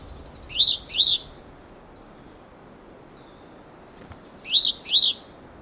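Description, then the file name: Great tit repeating paired high chirps, two such couplets about four seconds apart, with gentle background noise. "Parus major"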